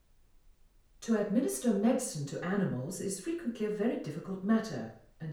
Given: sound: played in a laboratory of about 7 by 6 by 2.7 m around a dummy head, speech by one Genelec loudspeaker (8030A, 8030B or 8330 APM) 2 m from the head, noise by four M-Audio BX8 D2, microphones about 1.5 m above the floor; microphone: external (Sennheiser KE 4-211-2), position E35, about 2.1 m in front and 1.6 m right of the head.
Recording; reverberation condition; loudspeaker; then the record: female speech in English; medium; 120 degrees to the left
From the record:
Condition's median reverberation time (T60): about 510 ms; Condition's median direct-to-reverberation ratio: about -0.5 dB